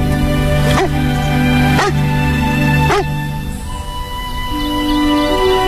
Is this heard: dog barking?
yes